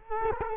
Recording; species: mosquito wingbeat signal from an infrared sensor; Culex quinquefasciatus